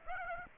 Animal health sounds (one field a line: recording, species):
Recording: mosquito wingbeat signal from an infrared sensor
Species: Aedes aegypti